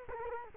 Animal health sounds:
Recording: mosquito wingbeat signal from an infrared sensor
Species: Culex quinquefasciatus

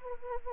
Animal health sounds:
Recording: mosquito wingbeat signal from an infrared sensor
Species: Anopheles arabiensis

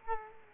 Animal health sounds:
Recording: mosquito wingbeat signal from an infrared sensor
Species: Culex quinquefasciatus

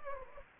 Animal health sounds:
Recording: mosquito wingbeat signal from an infrared sensor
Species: Anopheles gambiae

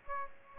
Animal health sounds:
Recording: mosquito wingbeat signal from an infrared sensor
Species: Aedes aegypti

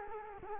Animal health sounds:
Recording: mosquito wingbeat signal from an infrared sensor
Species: Culex quinquefasciatus

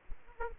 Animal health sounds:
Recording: mosquito wingbeat signal from an infrared sensor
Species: Aedes aegypti

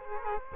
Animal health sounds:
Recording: mosquito wingbeat signal from an infrared sensor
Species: Culex quinquefasciatus

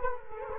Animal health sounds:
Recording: mosquito wingbeat signal from an infrared sensor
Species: Culex quinquefasciatus

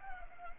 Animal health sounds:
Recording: mosquito wingbeat signal from an infrared sensor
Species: Culex pipiens

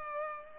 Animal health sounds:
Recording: mosquito wingbeat signal from an infrared sensor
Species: Culex pipiens

